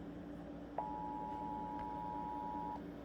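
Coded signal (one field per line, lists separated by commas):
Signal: Emergency Alert System (SAME) tones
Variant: 853 and 960 Hz attention tone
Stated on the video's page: Fake nuclear attack EAS scenario using valid SAME tones; made-up, not a real alert.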